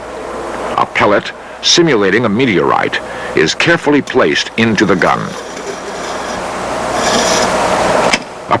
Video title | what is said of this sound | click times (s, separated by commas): In Search Of The End Of The World (1980) | A piston is locked into place. | 8.1 s, 8.5 s